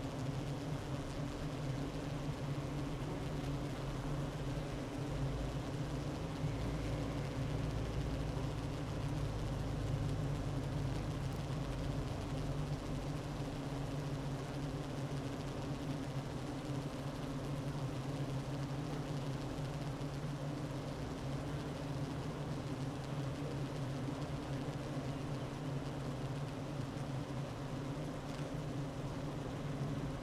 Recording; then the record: honeybee colony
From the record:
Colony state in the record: active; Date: 12 June 2018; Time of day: 9:27